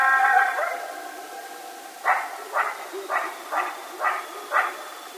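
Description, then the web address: Coyote howling: a short harmonic wavering howl, then a run of six sharp barks about every half second against a steady hiss. Several coyotes recorded at night on 16 October 2010. "Coyote 2010 10 16 Coyotes. night-sounds-pt-5-coyotes"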